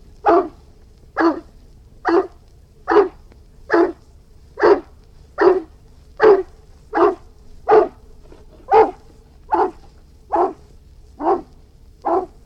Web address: Irish Wolfhound barking